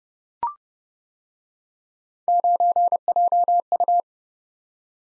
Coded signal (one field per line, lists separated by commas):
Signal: Morse code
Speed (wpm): 29 wpm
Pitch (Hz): 700 Hz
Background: none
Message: 9JU